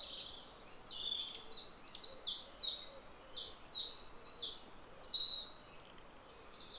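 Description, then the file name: European robin song with a run of short, high, evenly spaced notes repeated about three times a second, ending in a thin whistled flourish, light background hiss. "Rougegorge familier Erithacus rubecula"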